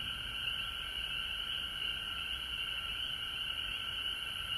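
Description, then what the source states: Frog chorus, a dense steady high trilling band with a lower continuous tone beneath, unbroken for the whole stretch. Frogs recorded at home in Georgia on March 19, 2020.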